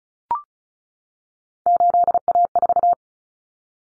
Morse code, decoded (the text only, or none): 8A4